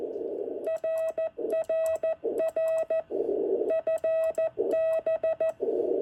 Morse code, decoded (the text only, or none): RRR FB